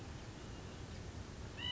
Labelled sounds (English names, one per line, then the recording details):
California Quail
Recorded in Sonoma County, California